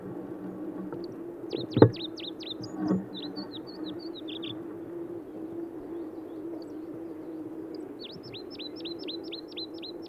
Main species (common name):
Pallas's Leaf Warbler